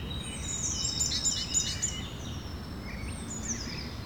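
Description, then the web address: Birds chirping and twittering in thin, high notes, several overlapping short phrases, over a steady low rumble of background noise. Birds recorded in the evening. "Effects 02-Birds, Insects Animals. Birds evening"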